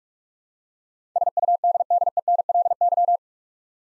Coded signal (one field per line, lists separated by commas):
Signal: Morse code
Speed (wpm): 42 wpm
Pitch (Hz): 700 Hz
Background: none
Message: SUDDENLY